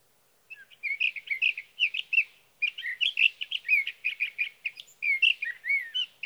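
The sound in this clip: Sage thrasher song: extended rapid warbling of varied notes and slurred whistles, with a brief pause near two and a half seconds.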